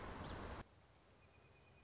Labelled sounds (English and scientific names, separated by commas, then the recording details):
Song Sparrow (Melospiza melodia)
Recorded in Sonoma County, California